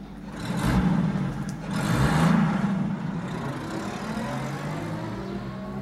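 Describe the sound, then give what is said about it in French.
A car engine rumbles and swells twice in quick revs, then settles into a steadier, fading hum of the vehicle pulling away, with no voices. “Il est entré dans une voiture.”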